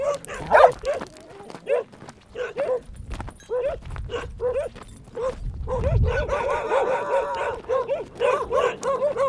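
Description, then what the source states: Dogs barking in spaced bursts, then a denser run of barks, with low rumbling noise in the background at times. Several dogs heard while walking through them, on Spetses.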